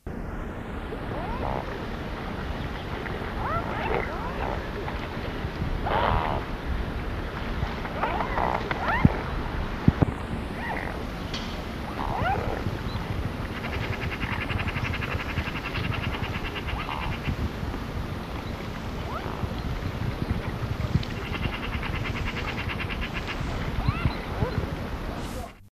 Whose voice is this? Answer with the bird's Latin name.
Cygnus olor